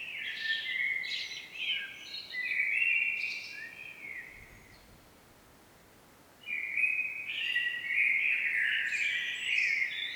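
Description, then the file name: Blackbird singing, with warbled flute-like phrases sliding between notes and topped by thin, high twittering, then a short gap and another rich phrase. "Turdus merula"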